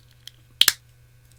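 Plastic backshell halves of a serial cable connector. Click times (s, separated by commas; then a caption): 0.6 s. The two halves of a plastic connector backshell on a home-made serial cable are pressed together until the second side snaps in. A faint tick comes first, then a sharp double snap at 0.6 s as the shell clip seats home.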